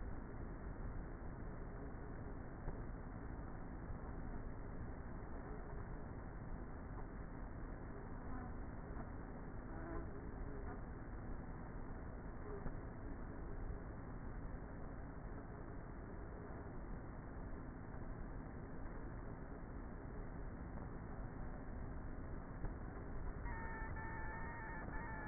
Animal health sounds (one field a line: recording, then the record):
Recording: honeybee colony, microphone inside the hive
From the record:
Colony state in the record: queenless with a low population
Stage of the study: before two queens were removed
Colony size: about 30,000 bees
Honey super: no